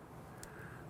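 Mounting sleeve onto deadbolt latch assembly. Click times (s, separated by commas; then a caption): 0.4 s. A plastic sleeve is slid over a deadbolt latch assembly and snaps into place with a single sharp click at 0.4 seconds. Steady low background noise runs throughout, and the sleeve is seated on the deadbolt latch.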